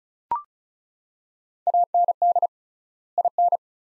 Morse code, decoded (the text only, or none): AND IN